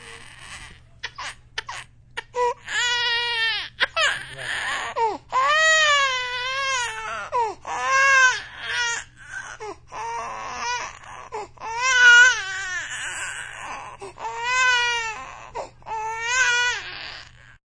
Baby crying.